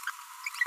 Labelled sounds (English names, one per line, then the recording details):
Green-rumped Parrotlet babbling
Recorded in a nest box in Venezuela
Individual 18B25A4